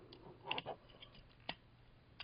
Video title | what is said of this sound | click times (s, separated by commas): 30th aniversry generations whirl | oh there we go I didn't have the uh waist slid all the way forward and locked into place | 1.5 s